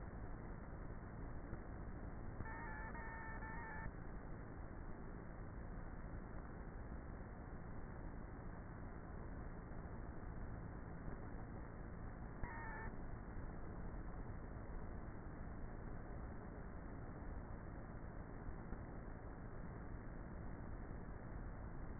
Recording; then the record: honeybee colony, microphone inside the hive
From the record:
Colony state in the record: queenless with a low population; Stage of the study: before two queens were removed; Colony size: about 30,000 bees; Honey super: no